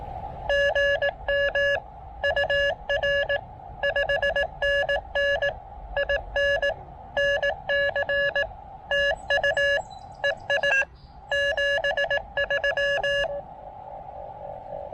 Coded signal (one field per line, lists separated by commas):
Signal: Morse code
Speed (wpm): 18 wpm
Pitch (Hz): 1700 Hz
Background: none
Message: GM UR 5NN IN NC TU EI 73